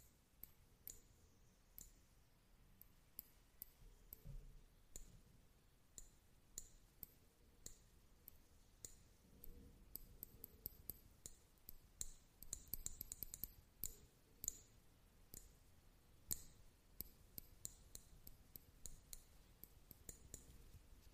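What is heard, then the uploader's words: Basic triggers as a storm rolls in: sharp clicks, taps and small clinking sounds come in irregular bursts throughout, thickest between about 10 and 15 seconds. Beneath them a soft low rumble and faint hiss continue steadily. Fading In and Out | Assorted Triggers. Tonight, I do some fun, basic triggers as a storm rolls in.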